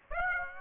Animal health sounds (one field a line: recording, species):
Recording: mosquito wingbeat signal from an infrared sensor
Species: Aedes aegypti